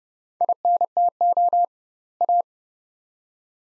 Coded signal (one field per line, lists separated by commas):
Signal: Morse code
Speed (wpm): 30 wpm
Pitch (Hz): 700 Hz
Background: none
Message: INTO A